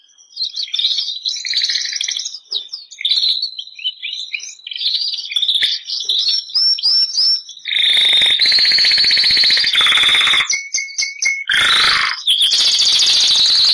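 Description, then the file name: Bernois canary song opening with scattered twittering phrases, then loud, sustained rolling trills and rattles through the second half. "canto do canario bernois"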